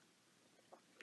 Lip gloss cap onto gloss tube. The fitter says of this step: wise it's pretty decent clicks into place nicely it's